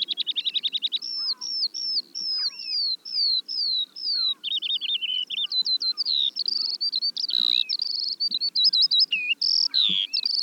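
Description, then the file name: Eurasian skylark pouring out a long, breathless song of repeated downslurred whistles, rattling trills and twittering notes, with faint low hum behind. "veldleeuwerik"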